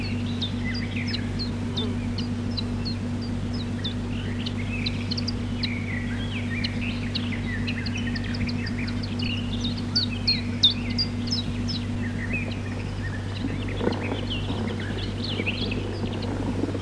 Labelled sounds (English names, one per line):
Common Chiffchaff